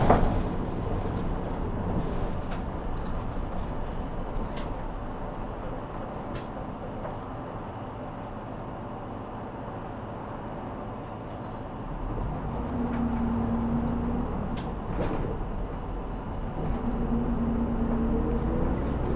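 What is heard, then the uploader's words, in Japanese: A Saihi bus rides toward Sasebo Station as more passengers board, its engine giving a steady low rumble throughout. Brief clicks and knocks punctuate the ride, with a short whine-like tone around thirteen seconds and again near seventeen. 西肥バス 弓張岳展望台→佐世保駅。続々と佐世保市内に向かう人が乗ってきます。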